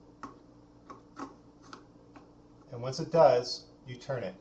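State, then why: Not seated. A twist-lock cable connector is rotated in its socket on a sound system until it drops into place, before being twisted to lock. Faint ticks of handling are heard, and someone talks toward the end. Nothing has clicked or locked yet.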